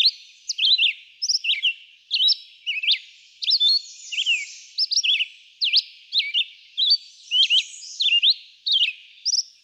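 Red-eyed vireo repeating short whistled phrases, each slurred up or down and varied from the last, at roughly one and a half per second, with a faint high hiss.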